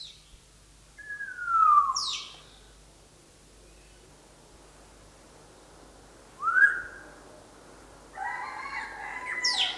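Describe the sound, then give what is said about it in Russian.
In a forest, someone whistles three bright calls over a steady low hiss: a loud swooping whistle, a short upward chirp after a pause, then a warbling, fluttery phrase at the end. No one speaks. “Ан, кто-то ведь свистел в лесу, и как?”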